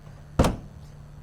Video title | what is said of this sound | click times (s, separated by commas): Bak Flip G2 on a 2024 GMC Sierra 1500 review by Chris from C&H Auto Accessories #754-205-4575 | we're good locked up here okay | 0.4 s